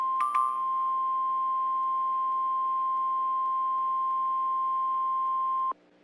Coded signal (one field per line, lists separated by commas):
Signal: Emergency Alert System (SAME) tones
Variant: 1050 Hz attention tone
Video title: The Tornado Of Decades (EAS scenario)